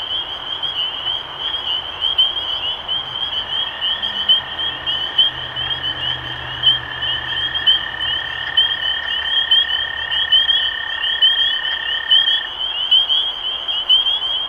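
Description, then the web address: Spring peepers in a dense chorus of high, sharp peeps overlapping continuously, with a long steady lower trill running through the middle. Recorded 23 March 2012. "rob animals Peepers-2012-0323"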